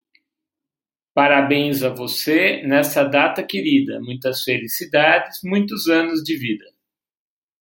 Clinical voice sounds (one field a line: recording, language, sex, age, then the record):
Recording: short text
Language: Brazilian Portuguese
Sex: male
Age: 50 to 59 years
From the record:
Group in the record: control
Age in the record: 55 years